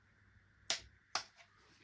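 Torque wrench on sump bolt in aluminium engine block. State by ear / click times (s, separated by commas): torque reached / 0.7 s, 1.1 s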